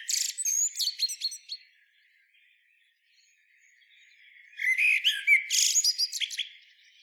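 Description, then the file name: Common blackbird with a short twittering phrase, then about three seconds of near silence, then a second busier burst of squeaky whistles and high chatter. "Turdus merula"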